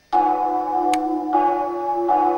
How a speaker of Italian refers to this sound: Senti, suonano le campane, devi andare in sacrestia da Don Perfetto a tirar fuori le statue e il baldacchino per la processione.